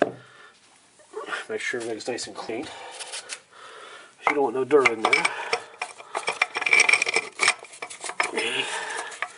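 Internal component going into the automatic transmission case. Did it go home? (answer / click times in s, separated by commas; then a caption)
no / none. During reassembly of an A670 automatic transmission from a Caravan minivan, a metal internal component is handled and worked toward the transmission case while someone talks. Metallic clinks and scraping rub sounds are heard, with sharp clanks around 6.4 to 7.4 seconds. Nothing has seated or clicked into place yet.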